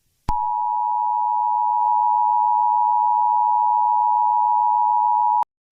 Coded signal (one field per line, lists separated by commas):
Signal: Emergency Alert System (SAME) tones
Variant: 853 and 960 Hz attention tone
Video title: EAS scenario: Zembord